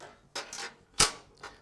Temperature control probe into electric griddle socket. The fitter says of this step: once you hear the kit click sound go ahead and plug it onto the wall okay so